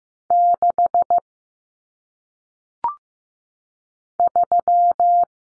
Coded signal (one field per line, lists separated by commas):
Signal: Morse code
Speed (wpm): 15 wpm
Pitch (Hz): 700 Hz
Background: none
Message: 6 3